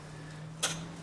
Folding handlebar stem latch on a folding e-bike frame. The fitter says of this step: and this locks in place